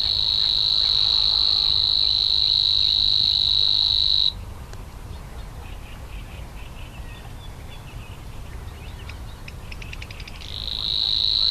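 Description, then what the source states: Savi's warbler, reeling song: a high, rapid, insect-like buzz that stops after four seconds, a pause with faint ticking calls, then the reel starts again near the end. Recorded at Slatina pond, Prague, Czech Republic, on 16 June 2013, 21:31–21:35 CEST; the species breeds there regularly in several pairs, at least two breeding pairs in 2013.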